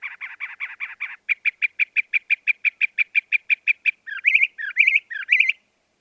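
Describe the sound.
Northern mockingbird song: a fast run of harsh notes, then a long string of evenly spaced chirps, ending with three louder rising whistled phrases.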